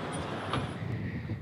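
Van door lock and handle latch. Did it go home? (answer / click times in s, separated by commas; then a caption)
released / 0.5 s. A button on the door of a 2024 RAM 3500 ProMaster EV delivery van is pressed to release the locked handle. A single latch clunk sounds at 0.5 s over a steady low background hum, and the door lock releases.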